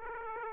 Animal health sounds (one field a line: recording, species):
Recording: mosquito wingbeat signal from an infrared sensor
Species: Aedes aegypti